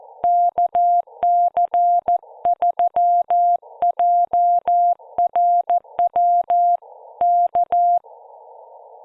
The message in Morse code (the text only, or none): KC3JRW K